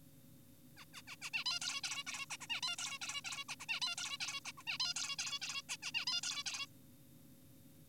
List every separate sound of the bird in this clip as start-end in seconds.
0.77-0.85, 0.94-1.02, 1.08-1.16, 1.22-1.30, 1.34-1.44, 1.46-1.59, 1.62-1.81, 1.84-2.04, 2.07-2.26, 2.30-2.37, 2.41-2.47, 2.50-2.61, 2.63-2.76, 2.78-2.98, 3.02-3.22, 3.25-3.44, 3.49-3.56, 3.60-3.66, 3.69-3.80, 3.82-3.96, 3.98-4.18, 4.20-4.40, 4.45-4.52, 4.58-4.63, 4.67-4.78, 4.80-4.94, 4.96-5.16, 5.19-5.39, 5.42-5.62, 5.70-5.76, 5.82-5.92, 5.94-6.05, 6.07-6.21, 6.23-6.43, 6.46-6.66